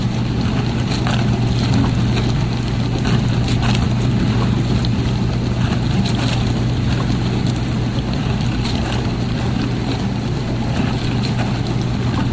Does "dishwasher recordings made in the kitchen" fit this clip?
yes